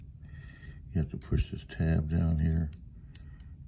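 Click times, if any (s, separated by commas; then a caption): 3.1 s. Someone talks about pushing down the lock tab on a slim multitool. Then a sharp click at 3.2 s marks the lock bar in the handle dropping into place, holding the metal implement so it cannot move. The lock is seated.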